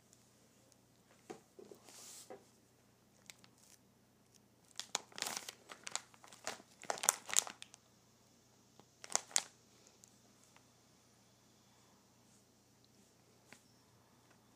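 A plastic bag of cloths is crinkled and handled, with bright crackling bursts around 2, 5 to 7.5 and 9 seconds. Between them come softer rustles and pauses over a faint, steady low hum.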